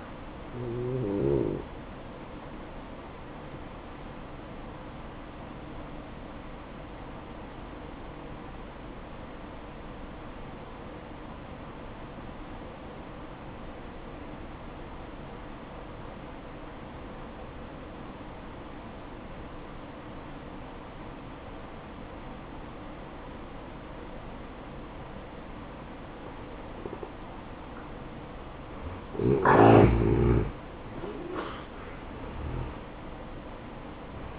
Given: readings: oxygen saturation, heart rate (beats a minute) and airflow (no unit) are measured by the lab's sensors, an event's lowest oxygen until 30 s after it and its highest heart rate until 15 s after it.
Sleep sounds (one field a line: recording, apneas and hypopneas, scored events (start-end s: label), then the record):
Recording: breathing in sleep by a voice recorder at the bedside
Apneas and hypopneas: 1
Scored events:
4.00-29.10 s: hypopnea (N1, oxygen 95% highest, then 86% lowest, heart rate 58 at the start, 71 highest)
12.00-34.39 s: new sleep stage, N2 (light sleep)
From the record:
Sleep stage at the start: N1 (lightest sleep)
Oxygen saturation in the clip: 87 to 95%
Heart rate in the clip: 57 to 66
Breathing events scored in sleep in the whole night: 573 in 9.8 hours asleep